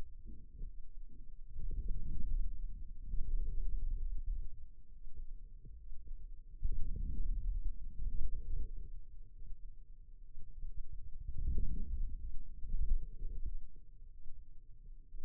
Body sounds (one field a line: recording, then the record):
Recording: forearm muscle sounds (acoustic myography)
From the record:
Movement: outward rotation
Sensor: system 2, bracelet of six BSWA MPA416 microphones around the upper forearm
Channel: 6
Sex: male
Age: 22 years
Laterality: right